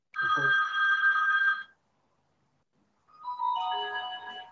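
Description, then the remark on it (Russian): A telephone rings with a parallel incoming call: two bursts of a bright, melodic electronic ringtone with stacked harmonic tones, separated by a second or so of silence. No one speaks. “Извиняюсь, тут входящий звонок параллельный был.”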